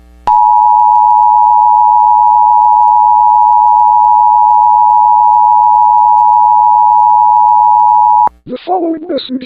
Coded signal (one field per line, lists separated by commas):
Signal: Emergency Alert System (SAME) tones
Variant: 853 and 960 Hz attention tone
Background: speech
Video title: EAS scenario The blue K2 part 1